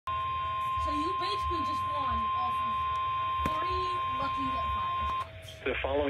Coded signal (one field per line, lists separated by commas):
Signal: Emergency Alert System (SAME) tones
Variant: 1050 Hz attention tone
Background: speech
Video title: 12/23/20 - (DOUBLE HEADER!!!) 2x High Wind Warnings! (EAS #21 & EAS #22)